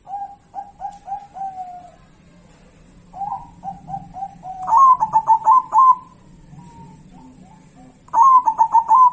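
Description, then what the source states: Zebra dove song: quieter, evenly spaced coos, then two loud rolling phrases of rapid staccato cooing notes. Song of a local zebra dove.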